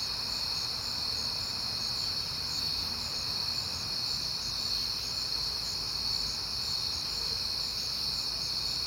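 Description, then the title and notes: Crickets keep up a constant high-pitched chirping chorus, with a soft low-frequency hum in the background. Crickets heard often in September, recorded at night on a peaceful night. "Night Time: Crickets and Passing Cars. It is September and I have been hearing the crickets a lot, but finally had a peaceful night to make the recording"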